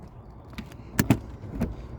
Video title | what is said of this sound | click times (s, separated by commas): Stuck in Reverse? Diagnosing a Sticky Shifter in a Manual Transmission with Ford Focus 2004 | and it snaps into place now what if what if I | 1.0 s